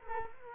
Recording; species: mosquito wingbeat signal from an infrared sensor; Culex quinquefasciatus